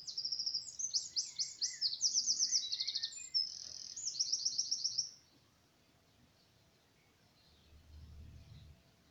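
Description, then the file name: Eurasian wren song: a vigorous five-second stream of high, fast trills and rattles, then near silence with low background rumble. "Troglodytes troglodytes"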